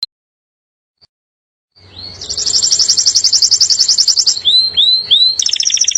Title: mster Mnuk. KENARI LOKAL LANGSUNG NEMBAK, Masteran KENARI Nembak Speed Rapat, Kenari GACOR NGEROLL